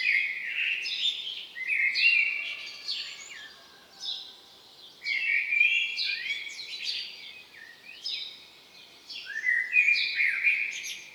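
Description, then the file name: Common blackbird giving high, squeaky chatter and thin sliding notes in irregular bursts, with quieter gaps between them. "Turdus merula"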